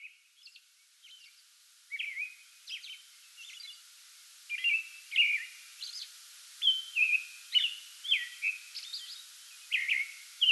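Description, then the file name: American robin song beginning softly then growing louder, caroled whistled phrases and high chirpy notes. Pre-dawn song bout recorded 8 May 2022. "2022-05-08 American Robin pre-dawn song bout"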